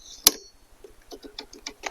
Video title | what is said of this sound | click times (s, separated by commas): Project German tow! Reviving an 08' Mercedes GL320cdi for our tow pig! Turbo diesel power! | there you go and you'll hear it click | 0.3 s